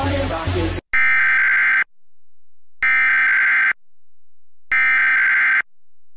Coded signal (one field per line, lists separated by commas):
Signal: Emergency Alert System (SAME) tones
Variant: header bursts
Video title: comment on this video/eas test (using seamus's video as a reupload/read desc for credit)